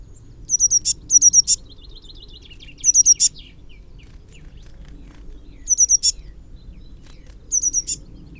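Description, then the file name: Eurasian blue tit repeats rapid high note bursts ending in clicks, five groups over several seconds, with a fainter descending trill early on. "Cyanistes caeruleus"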